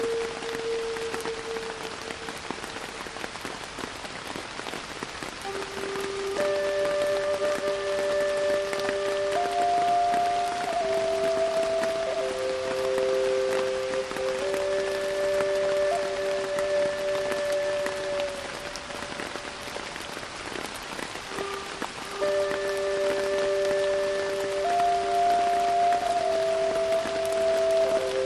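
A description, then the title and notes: A Native American flute plays slow, sustained notes over steady, dense rain that hisses evenly throughout. The flute holds long tones, stepping gently between pitches, falls quiet around twenty seconds, then returns with the same phrase. A soft low drone sits beneath. Native American Flute and Rain. The wooden flute emits a mellow, enchanting tone, and its timbre is warm and earthy.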